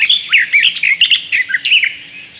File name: Gajówka